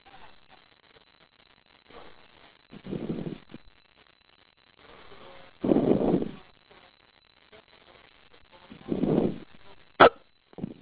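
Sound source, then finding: Adult man. Hiccups.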